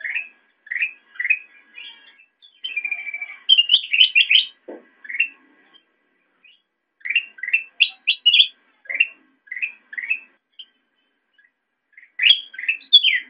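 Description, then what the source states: Sooty-headed bulbul giving bright chirping notes, single and in quick bubbly clusters, with short pauses between bursts. Intended for masteran, tutoring other songbirds to copy the call.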